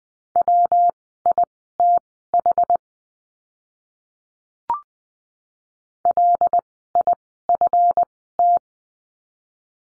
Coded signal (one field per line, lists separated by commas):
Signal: Morse code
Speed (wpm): 20 wpm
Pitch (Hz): 700 Hz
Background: none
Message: WITH LIFT